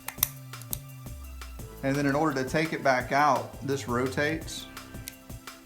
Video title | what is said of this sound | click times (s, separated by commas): Rotating Cylinder on Kwikset Locks | I'm going to put it back in and you can watch it snap into place. | 0.2 s